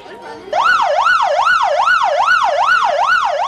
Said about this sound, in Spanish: A las 10 de la mañana con 30 minutos, las alarmas se activaron en el municipio de Alegría, al norte del departamento de Usulután, en el oriente del país.